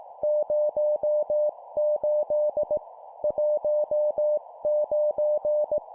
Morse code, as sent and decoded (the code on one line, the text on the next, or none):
----- ---.. / .---- ----.
08 19